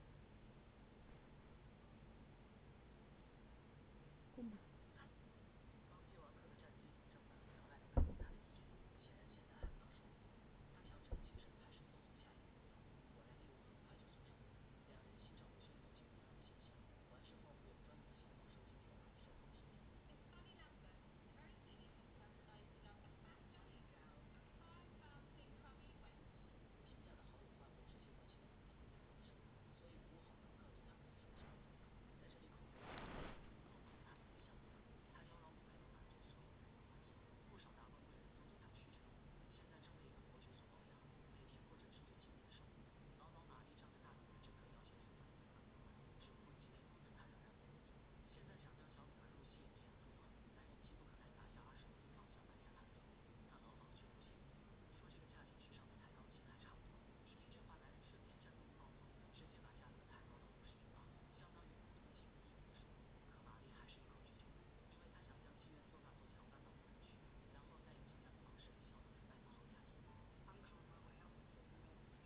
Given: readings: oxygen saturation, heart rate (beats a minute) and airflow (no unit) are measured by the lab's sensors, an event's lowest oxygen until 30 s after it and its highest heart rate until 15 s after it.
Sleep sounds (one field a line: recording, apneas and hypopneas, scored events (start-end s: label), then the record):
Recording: a person awake in a sleep study, by a voice recorder at the bedside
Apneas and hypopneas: none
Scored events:
0.00-72.26 s: awake
0.00-72.26 s: awake
From the record:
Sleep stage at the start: awake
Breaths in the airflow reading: 25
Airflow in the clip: -0.7 to 0.7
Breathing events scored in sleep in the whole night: 496 in 5.4 hours asleep